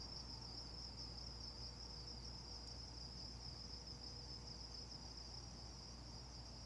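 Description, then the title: Insects trilling in a steady high band, with a faint brief click midway and a constant low hum below. Insects before dawn in Carefree, Arizona, with the low thrum of air conditioners. "Carefree Arizona, Predawn insects, the occasional car and Coyote"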